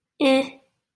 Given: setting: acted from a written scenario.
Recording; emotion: vocal sound without words; neutral